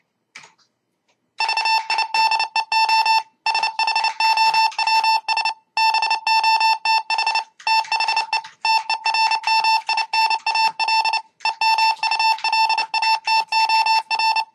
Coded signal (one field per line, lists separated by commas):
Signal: Morse code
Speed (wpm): 29 wpm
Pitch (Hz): 2650 Hz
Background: none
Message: VIDEO SHOWS BOTH THE TERMINAL EMULATOR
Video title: W5UXH mbed Keyer Project Using USB keyboard